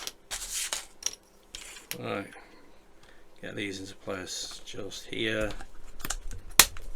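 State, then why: Seated. A plastic internal support part (D1) is pressed into position in the base of a Time War Dalek model, and it is confirmed seated at 6.6 s with a sharp, loud snap. Before that, someone talks amid light clicks and handling rattles.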